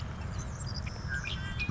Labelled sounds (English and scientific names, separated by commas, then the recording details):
Savannah Sparrow (Passerculus sandwichensis)
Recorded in Sonoma County, California